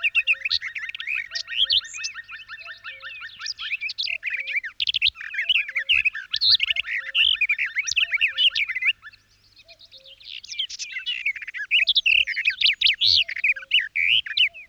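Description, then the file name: Garden warbler singing a long, hurried, melodious warble of mixed notes, with a pause around nine seconds before it resumes. "kosmos 93 gartengrasmuecke"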